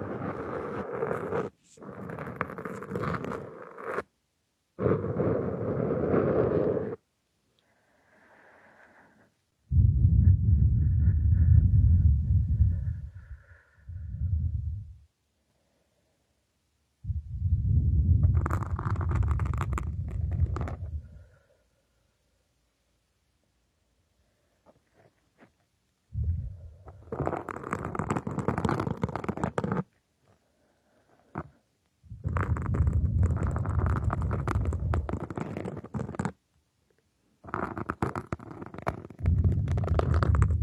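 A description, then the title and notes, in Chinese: Soft blowing and feather-wand ear cleaning: bursts of low rushing breath and brushing scrapes come and go, separated by short silences, roughly every few seconds. 温柔吹气+鹅毛棒掏耳。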